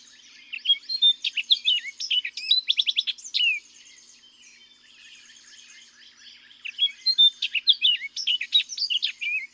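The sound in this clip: Orchard oriole song in two phrases of hurried whistles, rapid chips and slurred notes, separated by a pause of about three seconds.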